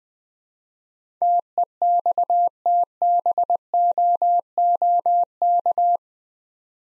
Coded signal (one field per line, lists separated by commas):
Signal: Morse code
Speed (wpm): 20 wpm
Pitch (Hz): 700 Hz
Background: none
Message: TEXTBOOK